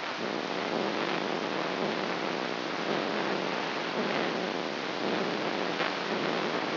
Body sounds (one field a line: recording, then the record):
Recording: brain microelectrode recording played as sound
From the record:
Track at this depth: inside the subthalamic nucleus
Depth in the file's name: 5.314 mm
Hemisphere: left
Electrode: 3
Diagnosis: Parkinson's disease